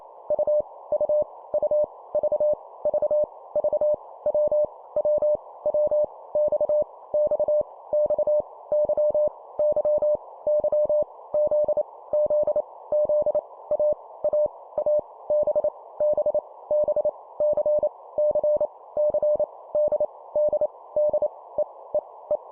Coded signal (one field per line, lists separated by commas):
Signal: Morse code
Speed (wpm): 28 wpm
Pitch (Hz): 600 Hz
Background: none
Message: U U U V V V W W W X X X Y Y Y Z Z Z A A A B B B C C C D D D E E E